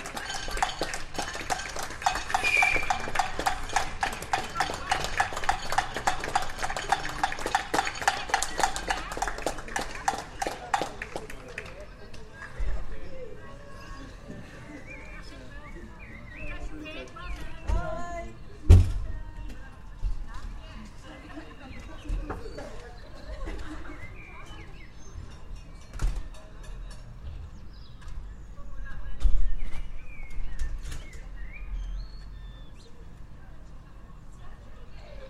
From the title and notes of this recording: Field recording of our neighbourhood taking part in #clapforourcarers. This was the second such event of the covid-19 UK lockdown. Gear: Sony PCM-M10 Clippy Stereo EM172 microphones.